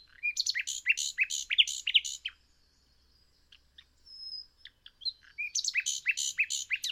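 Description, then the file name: Common nightingale singing: bursts of rapid, rattling repeated notes, a thin drawn-out whistle and scattered clicks in a brief pause, then another fast rattling phrase. "Luscinia megarhynchos"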